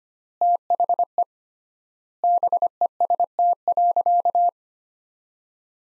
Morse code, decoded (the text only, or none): THE BEST.